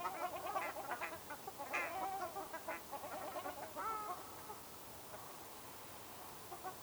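Ruddy shelduck chattering honks, rapid overlapping nasal calls that thin out and fade toward the end.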